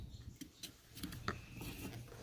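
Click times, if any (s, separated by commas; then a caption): 1.3 s. A new plastic windshield washer pump is pushed back into its mounting on the washer fluid reservoir of an MK5 VW Jetta, with a few light plastic taps and scrapes as it is worked into place. A sharp click at 1.3 s marks the pump seating into the reservoir.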